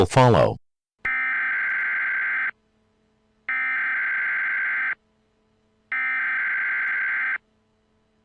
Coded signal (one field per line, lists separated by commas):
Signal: Emergency Alert System (SAME) tones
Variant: header bursts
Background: speech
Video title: EAS Scenario: Voldemort visits the U S